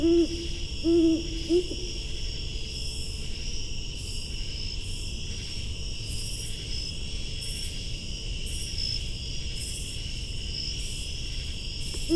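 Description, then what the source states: Great horned owl giving a few low, deep hoots in the first two seconds and another at the very end, over a steady chorus of crickets and insects. Calling from forest at Patuxent Research Refuge, Laurel, Maryland, September 8, 2015, 8:18pm, about 80 degrees; possibly female; recorded with Fostex FR-2, Sennheiser ME-62 and Telinga parabola.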